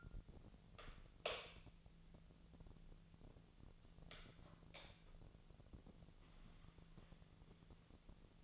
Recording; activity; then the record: daily activity, microphone in the room; light on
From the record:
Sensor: 4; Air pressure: 1000.9 hPa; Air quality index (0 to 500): 124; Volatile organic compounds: 1 ppm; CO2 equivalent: 931 ppm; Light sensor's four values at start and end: 29/70/29/31 and 32/82/33/36